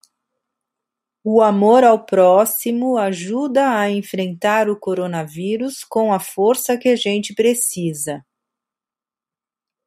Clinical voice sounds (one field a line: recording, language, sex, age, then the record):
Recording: spoken sentence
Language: Brazilian Portuguese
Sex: female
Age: 40 to 49 years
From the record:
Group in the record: control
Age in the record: 49 years